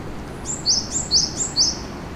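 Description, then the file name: Bird giving three piercing high chirps in quick succession, each a short note stepping down to a lower one, over soft background hiss. Shinagawa, March 2008. "bird shinagwa-200803"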